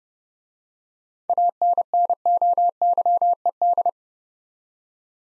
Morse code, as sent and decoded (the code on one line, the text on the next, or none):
.- -. -. --- -.-- . -..
ANNOYED